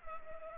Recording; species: mosquito wingbeat signal from an infrared sensor; Culex pipiens